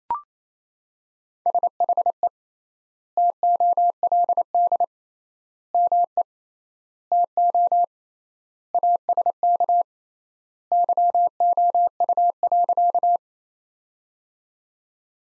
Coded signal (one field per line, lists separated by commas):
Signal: Morse code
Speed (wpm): 27 wpm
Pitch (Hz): 700 Hz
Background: none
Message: SHE TOLD ME TO ASK YOU.